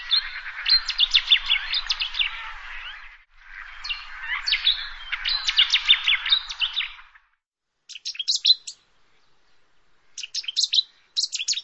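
Bird song: lively jumbled twittering phrases with rapid chirps and warbles, pausing briefly, then short bursts of high sharp notes.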